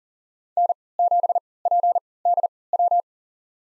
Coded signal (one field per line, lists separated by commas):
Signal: Morse code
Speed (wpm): 40 wpm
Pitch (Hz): 700 Hz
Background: none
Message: N7PDW